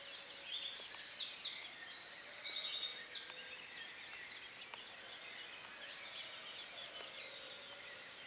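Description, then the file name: Eurasian wren song, a vigorous, very high trilling burst during the first three seconds, then only faint, softer chirps in the background. "Troglodytes troglodytes"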